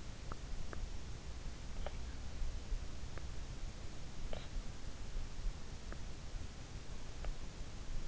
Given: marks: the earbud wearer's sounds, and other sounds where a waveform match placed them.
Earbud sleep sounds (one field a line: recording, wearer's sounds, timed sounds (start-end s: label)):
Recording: sounds in sleep by an in-ear microphone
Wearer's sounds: teeth grinding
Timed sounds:
0.29-0.93 s: teeth grinding
1.86-2.06 s: teeth grinding
4.26-4.57 s: teeth grinding